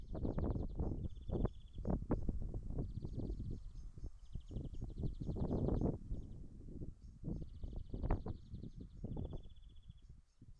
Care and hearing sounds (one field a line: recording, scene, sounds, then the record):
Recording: everyday scene through a hearing-aid microphone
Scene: wind on the microphone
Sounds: wind, traffic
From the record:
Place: in front of a rural house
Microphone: behind the ear, left, rear